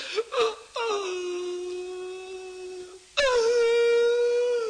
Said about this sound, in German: Das ist doch kein Grund zum Weinen. Ich bin doch auch sichtbar und weine nicht.